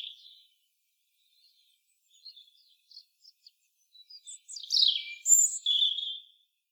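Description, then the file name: European robin: several faint, short high notes, then a single loud, tumbling phrase of sliding tones in the final seconds. "Erithacus rubecula"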